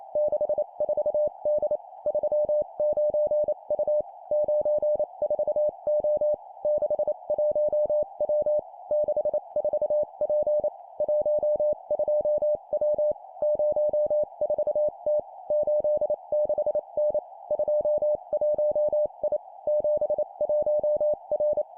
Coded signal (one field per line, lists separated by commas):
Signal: Morse code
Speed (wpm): 28 wpm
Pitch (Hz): 600 Hz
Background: none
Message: 64D 39U 94O 61W 64P 12W 04T 86N 21I 71R